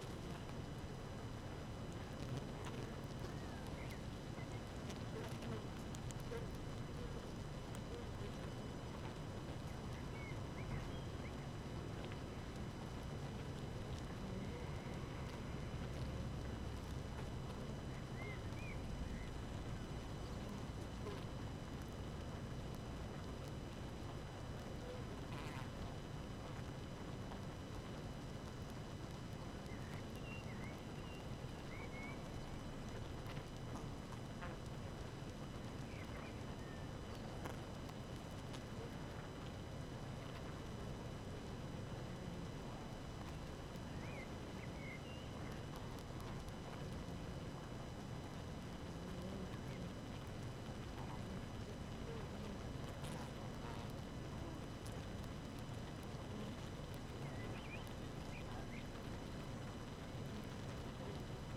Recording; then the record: honeybee colony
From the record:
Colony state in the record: active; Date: 12 June 2018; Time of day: 5:36